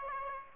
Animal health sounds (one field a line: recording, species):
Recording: mosquito wingbeat signal from an infrared sensor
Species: Aedes aegypti